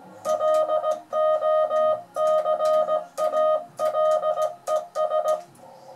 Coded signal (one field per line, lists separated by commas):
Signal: Morse code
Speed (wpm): 17 wpm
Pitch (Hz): 620 Hz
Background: music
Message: LOCALES